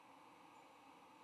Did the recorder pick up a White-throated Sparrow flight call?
no